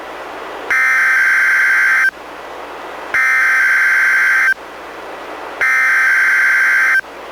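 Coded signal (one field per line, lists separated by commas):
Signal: Emergency Alert System (SAME) tones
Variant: header bursts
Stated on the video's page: NOAA Weather Radio Required Weekly Test issued by NWS Portland and relayed by KEC91 Astoria, recorded directly from a Reecom R-1630 weather radio via USB.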